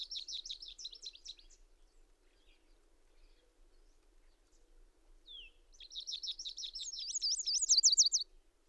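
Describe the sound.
Bird song: two fast trilled phrases of high rapid notes, the second ending in louder, sweeping whistled notes, separated by a few seconds of near silence.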